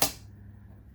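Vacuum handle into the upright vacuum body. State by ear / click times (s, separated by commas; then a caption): seated / 0.0 s. A plastic handle is pushed down by hand, with no tools, into the upright body of a Hoover PowerDrive Swivel XL (UH75110) vacuum, its hose hook facing the back of the machine, until a metal pin slides into a notch just above the cord hook. A single sharp, bright click lands at 0.0 s and fades quickly into a low, steady background. The handle is seated in place.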